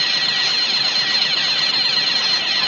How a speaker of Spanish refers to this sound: pero es que estaban probando la alarma, ¿sabe usted?